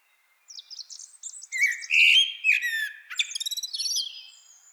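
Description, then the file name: Common blackbird song phrase: thin high notes lead into a loud mellow fluting passage, then a rapid squeaky trill and high chattering finish. "Turdus merula"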